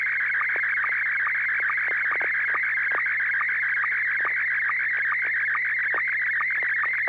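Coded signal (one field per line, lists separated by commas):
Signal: SSTV (slow-scan television)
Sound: warbling, chirping tone sweeping through the midrange, punctuated by quick regular lower blips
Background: low mains hum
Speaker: Oh, it's a picture of a couple of women sitting on a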